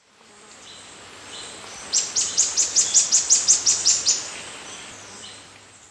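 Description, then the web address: Streaked Xenops calling in a quick, even string of roughly eleven piercing high notes lasting about two seconds, over a soft background hiss. Recorded in Ecuador. "S America Birds of Ecuador. Streaked Xenops"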